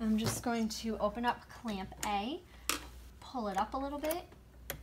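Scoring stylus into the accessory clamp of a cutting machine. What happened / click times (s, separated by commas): The holder is opened and handled, but nothing has seated yet / none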